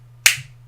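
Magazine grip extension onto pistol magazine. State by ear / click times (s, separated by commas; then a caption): seated / 0.3 s. An aftermarket magazine grip extension is slid onto a Glock pistol magazine over the base plate by hand, with no tools. It snaps into place with a single sharp, bright click at 0.3 s that fades quickly, over a steady low hum. The extension is seated.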